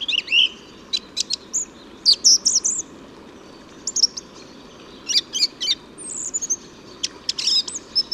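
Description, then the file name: Song thrush song: loud, varied high phrases of sharp notes and slurred whistles, separated by short pauses, over a steady low background hiss. "Singdrossel Gesang"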